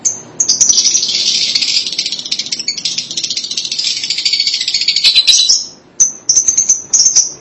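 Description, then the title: Lovebird in a sustained harsh, buzzy chatter of rapid high notes lasting several seconds, ending with a few separate sharp chirps. "BM Suara Burung Lovebird"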